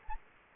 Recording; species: mosquito wingbeat signal from an infrared sensor; Anopheles gambiae